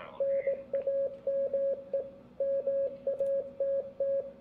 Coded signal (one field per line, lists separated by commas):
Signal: Morse code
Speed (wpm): 20 wpm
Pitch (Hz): 550 Hz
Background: radio noise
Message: NAME MATT